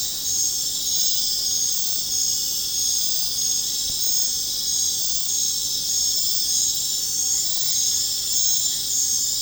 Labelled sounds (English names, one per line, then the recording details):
none
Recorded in pastures near Puerto Asís, Putumayo, Colombia, on 21 December 2024 at 20:00
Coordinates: 0.466, -76.322
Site G040